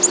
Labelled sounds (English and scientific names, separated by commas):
Black-throated Green Warbler (Setophaga virens) flight call